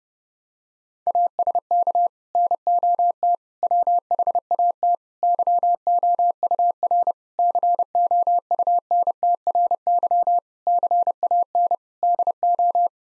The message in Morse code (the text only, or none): ASK NOT WHAT YOUR COUNTRY CAN DO